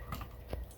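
A plug-in tester or plug is worked into a live wall outlet after a struggle, going in with small knocks at 0.1, 0.2 and 0.5 seconds. It ends up pushed only partway in, not all the way, though both lights are lit and the outlet is wired correctly now.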